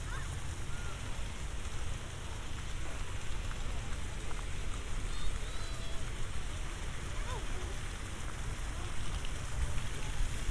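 A binaural recording of a walk toward Golden Hill, San Diego, filled with a steady, dense hiss like rain or traffic wash, with a heavy low rumble underneath. Faint voices and brief chirpy sounds surface now and then, around the fourth and seventh seconds.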